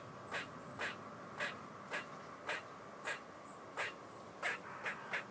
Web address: grey squirrel